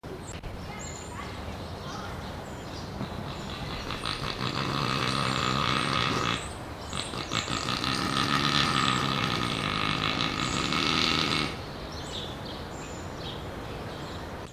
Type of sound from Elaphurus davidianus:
call